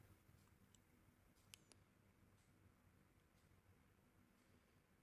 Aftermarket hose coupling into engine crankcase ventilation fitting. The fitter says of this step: You'll hear the clicking noise once you insert it.